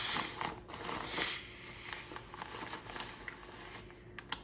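After deflating an inflatable camp pillow, the plastic valve button is pressed again until it clicks back into place, closing it. Soft broadband handling noise and a few faint ticks fill the first four seconds, then a small tick at 4.2 s leads into a sharp, louder click at 4.3 s as the button seats closed.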